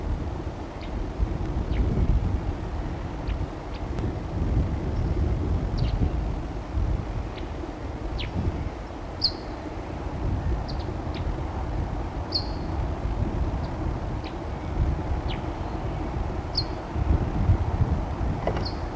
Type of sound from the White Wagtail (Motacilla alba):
call